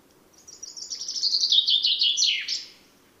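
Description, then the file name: Common chaffinch giving a single cascading song: quick repeated high notes sliding lower in steps, closing with an emphatic falling flourish; background otherwise quiet. "Fringilla coelebs"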